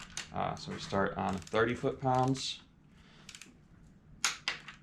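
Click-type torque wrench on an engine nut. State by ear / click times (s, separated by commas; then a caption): torque reached / 4.2 s. A click-type torque wrench set to 30 ft-lbs tightens nuts in the centre of the tightening sequence on a 2JZGTE engine being assembled for a JZX100 Chaser. Someone talks, then a few faint ratcheting ticks come before a sharp click at 4.2 s as the wrench reaches its setting, followed by a softer tick. Once it clicks, it moves on to the next nut.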